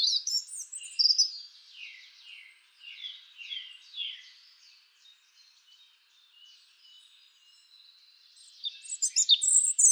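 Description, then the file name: European robin song: high trilling notes, a run of descending slurred phrases, a quieter lull, then loud sharp high twitters at the end. "Erithacus rubecula"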